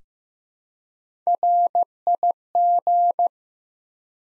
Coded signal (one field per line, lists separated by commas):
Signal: Morse code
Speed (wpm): 16 wpm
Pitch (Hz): 700 Hz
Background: none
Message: RIG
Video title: Top 20 QSO Elements 15wpm